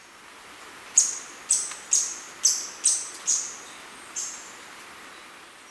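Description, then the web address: Scaly-throated foliage-gleaner giving sharp, very high, clipped notes, seven in a loose series roughly one per second, each dropping quickly, over quiet background hiss. Ecuador. "Natures Songs S America Birds of Ecuador Scaly-throated Foliage-gleaner"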